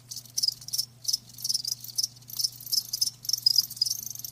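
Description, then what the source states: High-pitched cricket chirping in short clustered pulse trains separated by brief pauses, with a steady faint hum underneath. Live crickets chirping with a lulling song.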